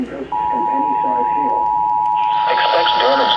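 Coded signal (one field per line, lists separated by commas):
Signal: Emergency Alert System (SAME) tones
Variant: 853 and 960 Hz attention tone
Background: speech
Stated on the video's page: Skywarn EAS alerts and weekly test.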